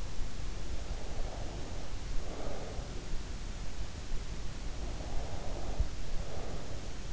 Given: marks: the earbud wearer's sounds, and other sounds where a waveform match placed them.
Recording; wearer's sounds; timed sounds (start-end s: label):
sounds in sleep by an in-ear microphone; breath
0.76-2.99 s: breath
4.86-7.13 s: breath